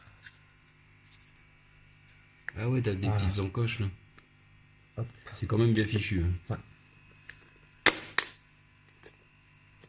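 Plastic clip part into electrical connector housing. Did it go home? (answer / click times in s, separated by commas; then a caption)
no / none. A small plastic clip part with notches is handled against an electrical connector housing while someone talks over a steady low hum. A few sharp taps stand out near 7.9 s and 8.2 s, but nothing has seated or clicked into place yet by the end of the clip.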